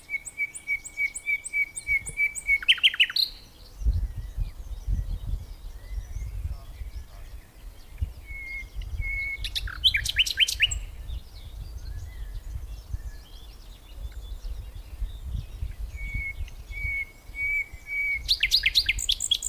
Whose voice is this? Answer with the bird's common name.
Common Nightingale